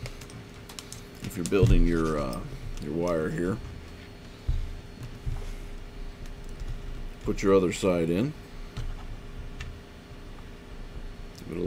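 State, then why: Seated. Someone talks while pushing a second antenna wire into an N9TAX Labs Ladder Maker plastic ladder-line spacer clip. The wire pops into the clip with a short click at 9.6 s and is seated with no problem.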